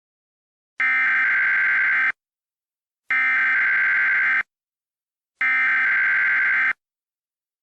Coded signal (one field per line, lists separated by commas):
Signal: Emergency Alert System (SAME) tones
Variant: header bursts